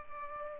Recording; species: mosquito wingbeat signal from an infrared sensor; Culex pipiens